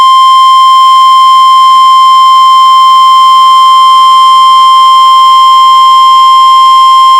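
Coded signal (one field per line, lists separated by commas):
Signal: Emergency Alert System (SAME) tones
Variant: 1050 Hz attention tone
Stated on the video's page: Four severe thunderstorm warning SAME alerts about ten minutes apart on NOAA Weather Radio WXM99.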